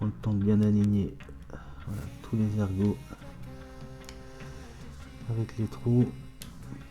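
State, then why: Seated. A plastic panel of the build-up Optimus Prime model is pressed onto the pegs of the adjoining model part once all the pegs are lined up with the holes. Someone talks, and a single sharp snap at 6.4 s marks the panel seating; it fits in by itself.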